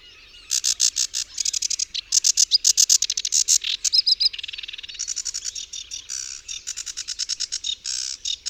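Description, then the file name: Sedge warbler song, a rapid chattering run of dry, buzzy notes and repeated grating phrases, shifting in tempo, with quiet background. "Rokitniczka"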